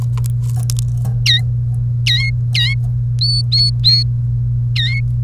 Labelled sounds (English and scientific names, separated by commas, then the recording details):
Domestic Canary (Serinus canaria) song
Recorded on 1 May 2018 at 12:13
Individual llb3